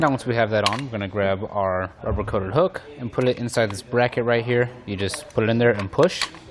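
A rubber-coated hook from a fit kit for Thule Evo Clamp and Edge Clamp roof rack feet on a 2019 Subaru WRX is placed into the roof rack foot bracket and pushed in while someone talks throughout. Nothing has seated or clicked yet.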